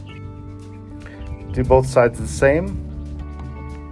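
A handle clip on a Great States push reel lawn mower handle is being pushed in on the second side, the same way as the first, over steady background music while someone talks. Nothing has snapped or seated yet.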